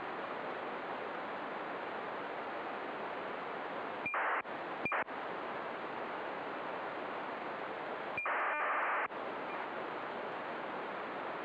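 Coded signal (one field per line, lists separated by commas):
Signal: ACARS aircraft data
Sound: steady hiss broken by three short buzzy data bursts, each starting with a brief tone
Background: radio static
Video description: Using the free program Acarsd 1.65 to decode acars messages sent to and from airplanes around Oslo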